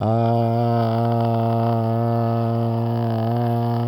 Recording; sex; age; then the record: sustained vowel /a/; male; 40 to 49 years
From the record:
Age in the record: 48 years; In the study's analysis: included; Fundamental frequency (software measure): 110 Hz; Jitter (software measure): 0.32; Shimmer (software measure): 1.67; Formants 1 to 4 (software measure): 685 Hz, 1267 Hz, 2782 Hz, 3729 Hz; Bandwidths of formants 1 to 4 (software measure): 107 Hz, 284 Hz, 386 Hz, 391 Hz